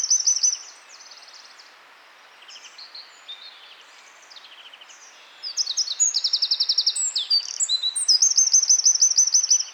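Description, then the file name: Eurasian wren song: a brief loud note cluster, several seconds of soft, twittering, then a powerful, rapid high trilling phrase filling the final four seconds. "Troglodytes troglodytes"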